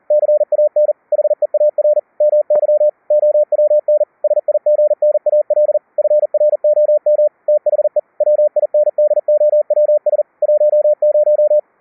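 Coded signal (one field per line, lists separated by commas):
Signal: Morse code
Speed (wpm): 41 wpm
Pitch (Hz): 600 Hz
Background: radio noise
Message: CAN HEAR MY OWN SIGNAL FROM THE WINDOWS 10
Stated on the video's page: CW generated by software keyboard senders at 5 kHz, carried between two QUISK SDRs over IP and demodulated to normal pitch tones.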